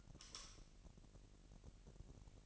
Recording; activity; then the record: daily activity, microphone in the room; light off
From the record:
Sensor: 4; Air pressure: 1002.7 hPa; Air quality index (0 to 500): 248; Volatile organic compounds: 17 ppm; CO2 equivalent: 2583 ppm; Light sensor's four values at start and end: 7/16/6/6 and 6/13/5/5